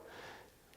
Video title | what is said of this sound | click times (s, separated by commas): How to make CUSTOM BARBELL ENDCAPS! - Garage Gym Reviews and Tips! | so push that circlip in there and you hear a little snap and | 0.7 s